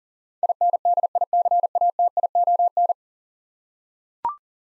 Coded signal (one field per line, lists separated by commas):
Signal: Morse code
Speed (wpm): 40 wpm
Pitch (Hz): 700 Hz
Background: none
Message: INDICATION